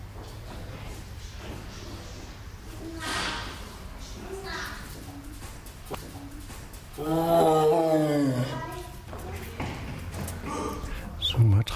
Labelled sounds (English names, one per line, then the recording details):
Tiger call
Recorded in captivity
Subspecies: sumatrae
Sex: male
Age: adult
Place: Tiergarten Wilhelma/Stuttgart, Baden-Württemberg, DE
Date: 1996-09-21 18:15
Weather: sunny, 16°C
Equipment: Sony MD-WM MZ-R3, Sennheiser ME 80, Kopie Uher 4000 Report Monitor
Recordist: Tembrock, Günter